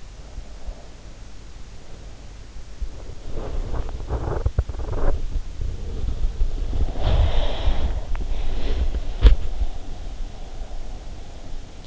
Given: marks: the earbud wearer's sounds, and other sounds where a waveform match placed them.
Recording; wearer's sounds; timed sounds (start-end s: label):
sounds in sleep by an in-ear microphone; breath, body movement
0.32-2.33 s: breath
3.42-10.04 s: body movement
5.85-11.87 s: breath